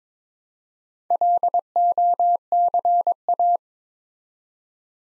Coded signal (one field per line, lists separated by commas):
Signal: Morse code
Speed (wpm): 22 wpm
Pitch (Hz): 700 Hz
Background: none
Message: LOCA